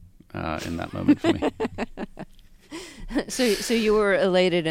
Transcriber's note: soundbite of laughter